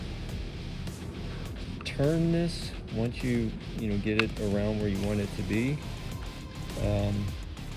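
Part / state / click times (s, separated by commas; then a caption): switch housing locking part on handlebar / not seated / none. A switch housing part on the handlebar of a 2024 Harley-Davidson Street Glide, fitted during a Willie G grip install, is turned by hand after its wires are routed through the channel so it can twist and lock into place. Someone talks over faint background music and brief soft handling noises. The part is still being turned and has not seated or clicked yet.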